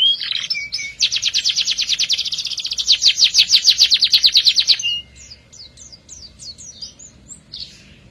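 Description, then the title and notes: Canary song, a loud rapid rolling trill held for about four seconds after a brief opening note, followed by softer quick twitters and a short buzzy note. Therapy recording for a canary that has stopped singing; F1 canary. "#18. TERAPI KENARI MACET. Kenari F1"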